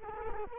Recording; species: mosquito wingbeat signal from an infrared sensor; Culex quinquefasciatus